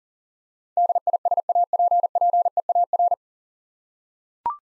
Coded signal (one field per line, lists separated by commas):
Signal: Morse code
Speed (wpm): 37 wpm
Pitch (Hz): 700 Hz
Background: none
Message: DISAPPEAR